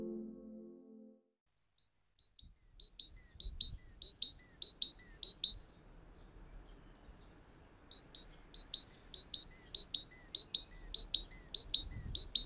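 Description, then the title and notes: Great tit song: sharp, high two-note phrases repeated rapidly in two bursts, with a pause between them. "Talitiainen."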